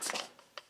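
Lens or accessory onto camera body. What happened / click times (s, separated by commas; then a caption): A small part clicked into place on its mount / 0.6 s. A lens or accessory is pressed onto a camera body: a broad rustling handling noise fills the first quarter second, a faint tick follows at 0.4 s, and a sharp, short click at 0.6 s marks it seating. The part clicks on, but with a slightly loose fit and a less satisfying click.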